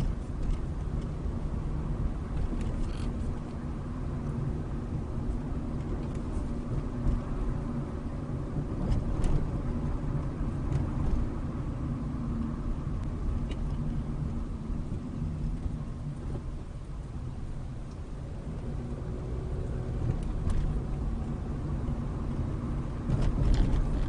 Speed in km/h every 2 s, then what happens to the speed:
26, 27, 27, 29, 29, 26, 21, 13, 16, 23, 27, 31.
0-8 steady at about 27. 8-15 slows to 13. 15-24 speeds up to 31.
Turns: none.